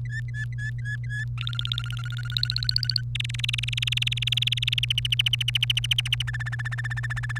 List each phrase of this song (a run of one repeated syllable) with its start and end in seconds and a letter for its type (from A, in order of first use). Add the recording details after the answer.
0.00-1.24 A, 1.38-3.01 B, 3.15-4.79 C, 4.83-6.22 D, 6.27-7.38 E. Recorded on 1 May 2018 at 11:06. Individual llb3